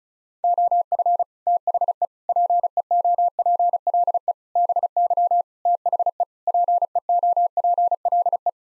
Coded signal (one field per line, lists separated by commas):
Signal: Morse code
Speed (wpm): 34 wpm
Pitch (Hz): 700 Hz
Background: none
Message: OF THE PEOPLE BY THE PEOPLE